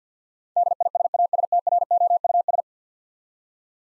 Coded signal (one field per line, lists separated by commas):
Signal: Morse code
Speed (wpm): 50 wpm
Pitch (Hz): 700 Hz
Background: none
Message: DISASTROUS